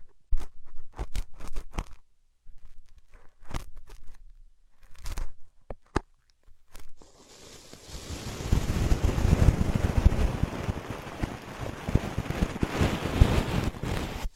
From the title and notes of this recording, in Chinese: 姐姐抠耳朵催眠13（声控助眠）。